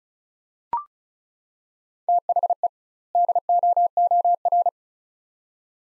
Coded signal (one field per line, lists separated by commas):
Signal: Morse code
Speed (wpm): 36 wpm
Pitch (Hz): 700 Hz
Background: none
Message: THE DOOR